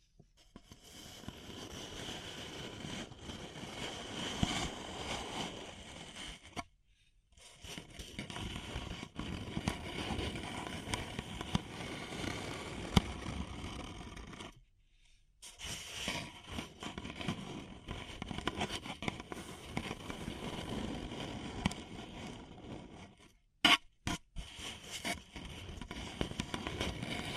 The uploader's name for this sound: Paper Cup Tingles